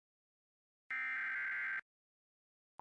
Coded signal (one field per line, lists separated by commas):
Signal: Emergency Alert System (SAME) tones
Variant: header bursts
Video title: (EAS #2,445 - #2,447) WE MISSED SOME THINGS - EAS Alerts 7/10/25